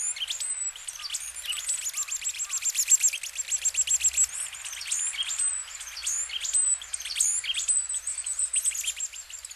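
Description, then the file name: Varied tit: dense, rapid high-pitched chirps and twitters running almost without pause. Hyogo, Japan. "yamagara 1005 hyogo kaji"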